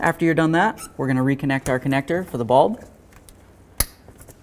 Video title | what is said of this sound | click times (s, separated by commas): How to Replace Fog Light 2009-2013 Mazda 3 | listen for a click give it a nice little tug you want to make sure that's completely secured | 3.8 s